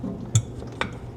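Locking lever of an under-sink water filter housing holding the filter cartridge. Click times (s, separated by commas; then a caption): 0.3 s, 0.8 s. The locking lever on the under-sink filter housing of a Franke Triflow System FRXS2 is pushed back down after the FRX02 filter cartridge is reinserted into its cylinder, so the locking pin engages. Two sharp metallic clicks ring out at about 0.4 s and 0.8 s over a low hum, and the lever locks into place.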